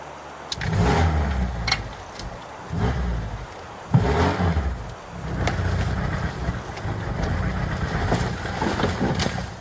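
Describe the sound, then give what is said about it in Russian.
A blue Moskvich car engine revs in several rough, low surges, rising and falling over about ten seconds, with a brief sharp burst partway through and no voices. “Синий москвич. Это его машина.”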